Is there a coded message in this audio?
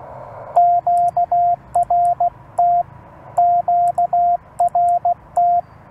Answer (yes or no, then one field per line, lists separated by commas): yes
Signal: Morse code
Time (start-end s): 0.6-5.6 s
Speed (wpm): 16 wpm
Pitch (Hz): 700 Hz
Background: radio noise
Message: QRT QRT